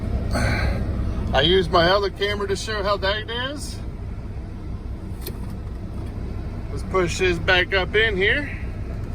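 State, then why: Not seated. Someone talks over a steady low vehicle rumble while pushing a Galaxy DX979F CB radio back up into its mounting spot in the cab of a Kenworth T680 truck. The radio is being handled and nothing has seated or clicked into the mount yet.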